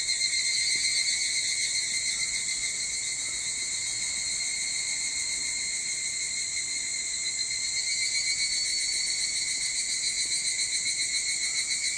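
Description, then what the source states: Evening cicada song, a steady high, ringing drone with bright bands that holds unbroken through the whole stretch, with no other clear sounds. Recorded 22 July 2023 at 04:40.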